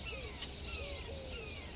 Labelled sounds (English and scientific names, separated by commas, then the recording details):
Eurasian Collared Dove (Streptopelia decaocto)
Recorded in Sonoma County, California